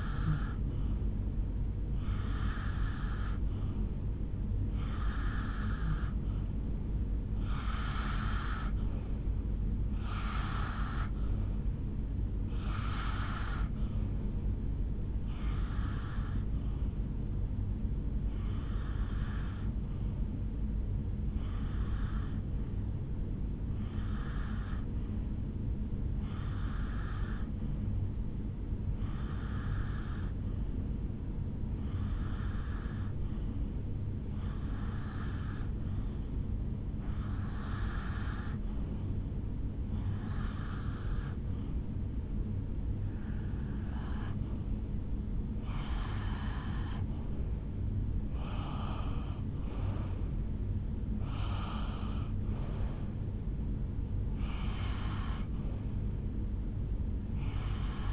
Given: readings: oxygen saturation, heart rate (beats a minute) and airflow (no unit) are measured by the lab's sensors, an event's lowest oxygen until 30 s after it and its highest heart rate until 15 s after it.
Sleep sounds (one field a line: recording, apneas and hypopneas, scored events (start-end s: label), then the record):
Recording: breathing in sleep by a smartphone at the bedside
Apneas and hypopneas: 1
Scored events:
22.00-49.30 s: hypopnea (N2, oxygen 91% highest, then 88% lowest, heart rate 72 at the start, 76 highest)
40.00-58.13 s: new sleep stage, N1 (lightest sleep)
From the record:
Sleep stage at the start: N2 (light sleep)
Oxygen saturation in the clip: 88 to 91%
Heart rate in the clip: 70 to 79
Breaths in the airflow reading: 21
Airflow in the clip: -8.8 to 5.0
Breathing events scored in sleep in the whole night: 449 in 7.0 hours asleep